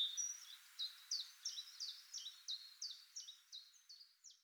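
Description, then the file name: Great tit calls: a steady run of about a dozen short notes, each falling in pitch, roughly three a second and fading at the end. "Parus major"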